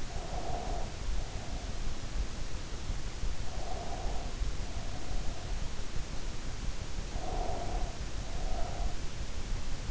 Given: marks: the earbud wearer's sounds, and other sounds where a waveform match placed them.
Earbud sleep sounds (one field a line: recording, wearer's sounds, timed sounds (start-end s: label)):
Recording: sounds in sleep by an in-ear microphone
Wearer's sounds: breath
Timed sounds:
0.00-1.85 s: breath
3.47-5.75 s: breath
7.11-9.16 s: breath